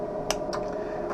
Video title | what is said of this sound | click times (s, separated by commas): Rippa's RayBan 3458 w Rx Trans Gen 8 Brown and Crizal Sapphire Lenses | you hear that snap it goes in there | 0.3 s